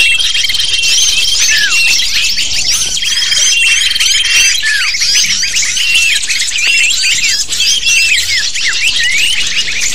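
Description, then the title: Lovebird flock giving a constant stream of high, sharp chirps and squawks, layered with long, steady high whistled tones. Recording of lovebird calls used to lure lovebirds. "PIKAT BURUNG LOVEBIRD"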